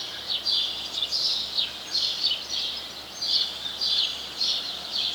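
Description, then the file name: House sparrow giving repeated sharp chirps at a brisk, slightly irregular pace, roughly ninety a minute, over background hiss. "Passer domesticus"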